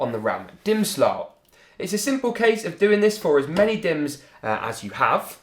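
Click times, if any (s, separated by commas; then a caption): none. A desktop memory module (DIMM) is being handled at a motherboard RAM slot, lined up notch to notch, with the retention clips pulled back. Someone talks throughout, with no distinct click heard. Nothing has seated or clicked yet.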